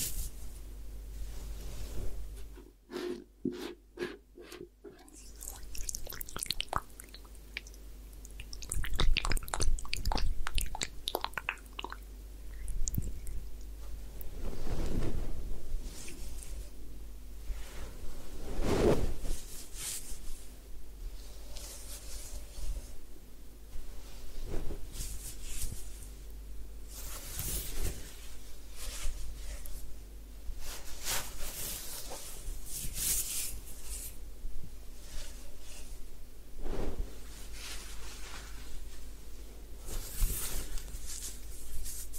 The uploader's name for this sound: Head Spa Hair Wash, Massage, Ear Cleaning